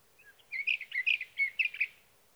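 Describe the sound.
Sage thrasher song, a short burst of jumbled warbled notes and whistles, with faint background hiss.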